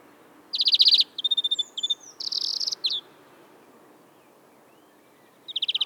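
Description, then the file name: European greenfinch song: fast buzzy trills and twittering notes, a long pause, then another rapid trill starting near the end. "Chloris chloris"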